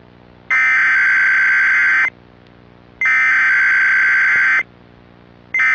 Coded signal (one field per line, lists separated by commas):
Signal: Emergency Alert System (SAME) tones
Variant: header bursts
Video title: Silent Blizzard - An EAS Scenario